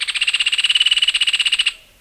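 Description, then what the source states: Rufous hornero giving a loud, rapid trill of many sharp, evenly spaced notes in under two seconds, then quiet. Loud rapid trill; national bird of Argentina; rusty-brown bird about the size of a towhee; Argentina in February, during the southern summer.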